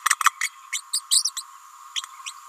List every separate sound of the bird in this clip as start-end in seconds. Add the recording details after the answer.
0.10-0.15, 0.23-0.30, 0.41-0.49, 0.72-0.82, 0.93-1.01, 1.10-1.31, 1.36-1.43, 2.25-2.32. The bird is a female. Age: 29 days. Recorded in a nest box in Venezuela. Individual 17B31A3